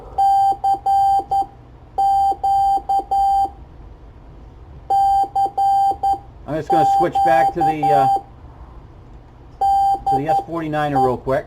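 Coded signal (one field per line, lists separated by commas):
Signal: Morse code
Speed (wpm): 11 wpm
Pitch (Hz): 790 Hz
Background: speech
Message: CQ CQ DE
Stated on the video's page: CW from an S-Forty-9er QRP Pixie kit transceiver keyed over WiFi with the CWWIFI app.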